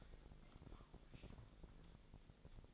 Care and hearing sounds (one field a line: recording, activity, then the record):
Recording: daily activity, microphone in the room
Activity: take from stove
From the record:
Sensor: 5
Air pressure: 999.4 hPa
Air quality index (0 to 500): 222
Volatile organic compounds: 21 ppm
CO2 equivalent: 2716 ppm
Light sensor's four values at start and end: 30/67/28/27 and 32/73/30/29